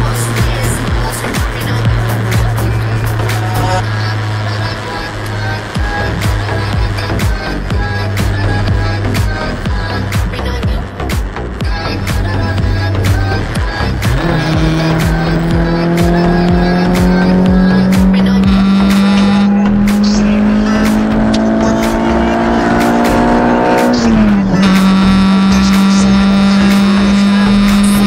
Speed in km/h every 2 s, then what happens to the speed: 119, 113, 107, 103, 101, 100, 99, 110, 117, 126, 140, 153, 158, 164.
0-6 slows to 103. 6-13 steady at about 100. 13-28 speeds up to 164.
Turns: none.